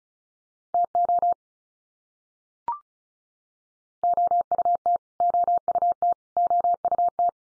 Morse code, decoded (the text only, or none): TO OUT OUT OUT